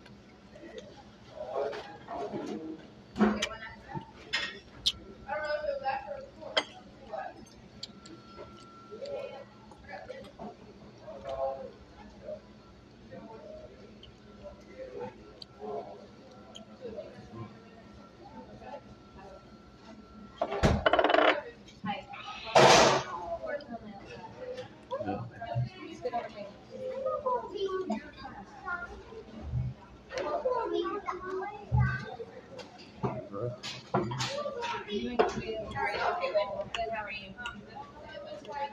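Restaurant diners talk in a steady overlapping murmur while dishes and cutlery clink and tap throughout, with two louder clatters around twenty seconds.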